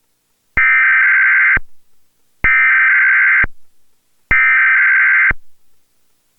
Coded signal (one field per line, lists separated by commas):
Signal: Emergency Alert System (SAME) tones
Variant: header bursts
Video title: EAS #4-8: 5 EAS Required Weekly Tests- Oct. 25, 2011